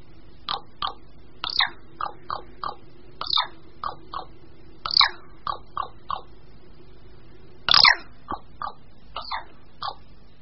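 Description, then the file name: Common raven giving short, harsh clipped calls at irregular intervals, a few louder rasping notes among them, over a low steady hum. "Krkavec-velký"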